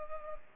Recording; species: mosquito wingbeat signal from an infrared sensor; Culex pipiens